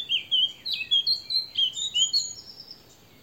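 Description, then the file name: Eurasian blackcap song phrase: a rapid series of clear, fluty warbled notes, loud at first and fading away toward the end. "Sylvia atricapilla"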